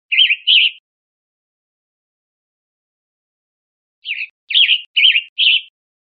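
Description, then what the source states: Western tanager giving husky, burry notes: a quick pair at the start, a long pause, then a run of four rough notes. Recorded 1 May 2005.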